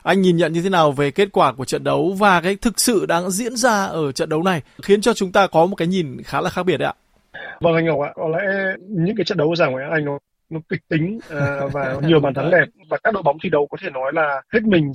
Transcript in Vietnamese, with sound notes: Anh nhìn nhận như thế nào về kết quả của trận đấu và cái thực sự đang diễn ra ở trận đấu này khiến cho chúng ta có một cái nhìn khá là khác biệt đấy ạ? Vâng, anh Ngọc ạ! Có lẽ những cái trận đấu ở giải ngoại hạng Anh nó, nó kịch tính [tiếng cười] và nhiều bàn thắng đẹp, và các đội bóng thi đấu có thể nói là hết mình.